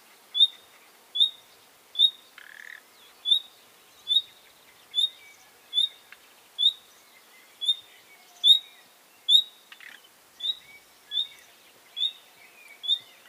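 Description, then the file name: Common nightingale repeating a thin, high whistled call about fifteen times at fairly even spacing, with fainter soft sounds in between. "Luscinia megarhynchos"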